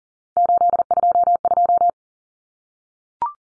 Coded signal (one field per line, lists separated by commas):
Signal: Morse code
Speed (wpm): 40 wpm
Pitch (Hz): 700 Hz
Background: none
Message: 822